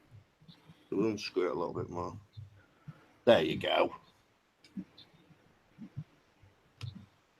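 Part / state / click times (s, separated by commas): wire coil on a jig going into the post of a vape dripper deck / seated / 6.8 s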